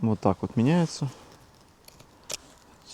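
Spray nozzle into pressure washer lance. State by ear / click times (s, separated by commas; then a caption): seated / 2.3 s. A spray nozzle is pushed onto the lance of a Kolner KHPW 2700IFR pressure washer while swapping attachments. Someone talks during the first second, then a few faint taps are heard before the nozzle clicks into place at 2.3 s, seated.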